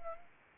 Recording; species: mosquito wingbeat signal from an infrared sensor; Anopheles arabiensis